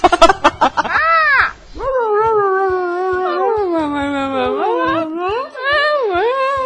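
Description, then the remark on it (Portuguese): A jay gives a quick burst of harsh, rasping caws, then drawn-out wavering cries that slide up and down in pitch, loud and continuous with brief breaks. “Até o arquivo da gralha, cara.”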